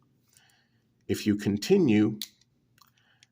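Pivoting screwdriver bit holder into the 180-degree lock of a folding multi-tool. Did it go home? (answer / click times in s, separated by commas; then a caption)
yes / 3.2 s. The pivoting screwdriver bit holder of a Milwaukee Fastback 6-in-1 folding multi-tool is swung on to its 180-degree position while someone talks. Faint ticks come from the mechanism as it turns, then it locks into place rather firmly with a sharp click at 3.2 s.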